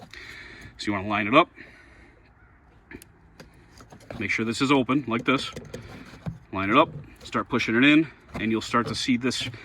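Someone talks while a multi-pin plastic wiring harness plug with a lever lock is lined up on its post at the rear fuse box of a 2008 Acura MDX, with the locking lever held open. A few faint, short taps are heard between about 2.9 and 3.8 seconds during a pause in the talking. The plug is only positioned so far, and nothing has seated or clicked yet.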